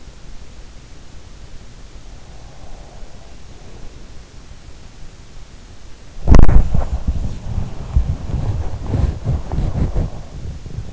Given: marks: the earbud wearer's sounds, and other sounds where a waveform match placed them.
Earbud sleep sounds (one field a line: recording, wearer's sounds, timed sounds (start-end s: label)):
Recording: sounds in sleep by an in-ear microphone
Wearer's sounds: body movement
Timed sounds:
1.46-10.92 s: body movement
2.83-10.92 s: sound from someone else or the room